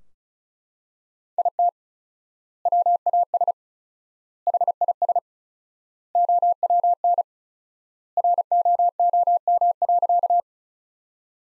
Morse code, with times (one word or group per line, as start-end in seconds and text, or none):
1.4-1.7 IT
2.7-3.5 WAS
4.5-5.2 HIS
6.2-7.2 OWN
8.2-10.4 ROOM.